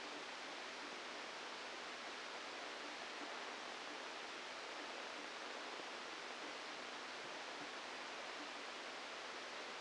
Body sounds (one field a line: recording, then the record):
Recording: brain microelectrode recording played as sound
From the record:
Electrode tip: inside the subthalamic nucleus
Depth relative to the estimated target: -2 mm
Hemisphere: left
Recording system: NeuroSet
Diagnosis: Parkinson's disease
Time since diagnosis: 27 years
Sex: male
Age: 62 years